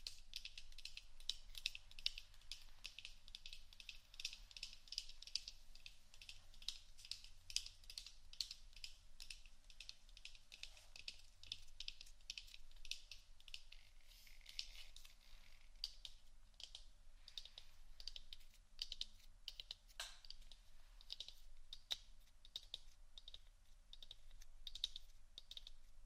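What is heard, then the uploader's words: Rapid scratching and tapping on various items, a dense run of small bright clicks and scrapes continuing steadily throughout, over a faint low hum. ASMR Scratchtap On Various Items （No Talking）.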